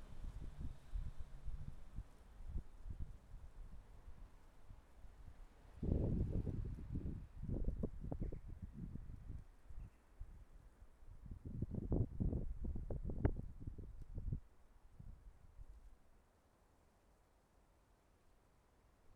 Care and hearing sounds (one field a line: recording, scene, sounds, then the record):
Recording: everyday scene through a hearing-aid microphone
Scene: wind on the microphone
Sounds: wind, traffic, birds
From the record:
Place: suburban garden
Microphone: behind the ear, left, rear